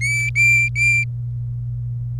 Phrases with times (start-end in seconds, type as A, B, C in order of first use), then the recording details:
0.01-1.04 A. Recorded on 26 April 2018 at 16:26. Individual llb3